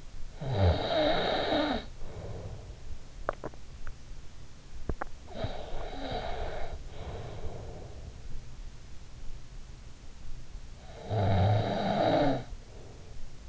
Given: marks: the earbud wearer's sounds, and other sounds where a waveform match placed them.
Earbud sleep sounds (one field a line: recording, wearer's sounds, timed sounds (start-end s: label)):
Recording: sounds in sleep by an in-ear microphone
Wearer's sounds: snoring breath, swallowing, breath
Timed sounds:
0.15-3.06 s: snoring breath
3.06-3.75 s: swallowing
4.49-5.32 s: swallowing
5.32-8.32 s: breath
10.32-13.49 s: snoring breath